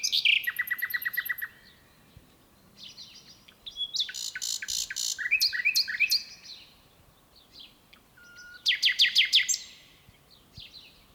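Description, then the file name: Common nightingale song with rapid repeated clicking notes, loud buzzy rattles and sweeping chirps, in bursts separated by short silences. "Luscinia megarhynchos"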